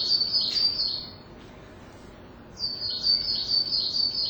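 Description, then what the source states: Coal tit singing high, thin, rapidly repeated notes in two runs separated by a short silent gap. Singing high up, recorded right away on the way up toward Kotoge after crossing the road to Kinsei Pass; a relative of the tits, smaller than the willow tit.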